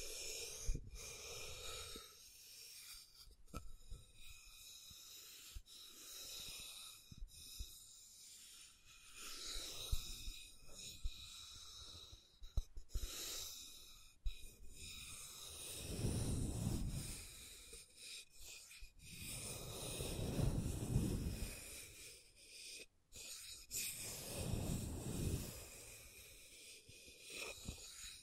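Scratching and tracing strokes rasp along in uneven bursts, each stroke a dry, hissy scrape that swells and fades over a second or two. Sharp clicks and taps break in throughout, and around 16 and 20 seconds a heavier, deeper rubbing takes over.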